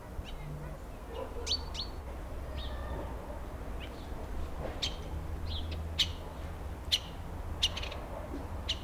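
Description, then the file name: Birds chirping, short sharp high notes scattered irregularly, a few in quick pairs, with some louder notes near the end over a steady low rumble. Recorded outdoors on a street. "ptichki ulicca sobaka"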